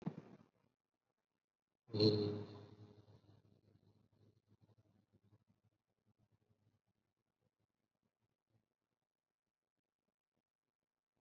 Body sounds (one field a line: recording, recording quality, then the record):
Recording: sustained vowel as in boot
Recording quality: poor, much background noise or distortion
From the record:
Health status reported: COVID-19 positive, mild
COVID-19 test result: positive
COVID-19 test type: RT-PCR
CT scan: not taken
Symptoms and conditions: cold, diarrhoea, diabetes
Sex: male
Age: 31 years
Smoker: no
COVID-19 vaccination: both doses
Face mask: worn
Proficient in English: yes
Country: India